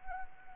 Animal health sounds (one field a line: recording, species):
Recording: mosquito wingbeat signal from an infrared sensor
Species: Anopheles arabiensis